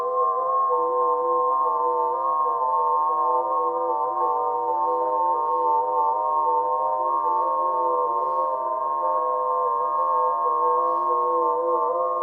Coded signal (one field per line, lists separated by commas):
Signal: FT8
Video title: FT-anything SUCKS - and is RUINING ham radio for CW ops!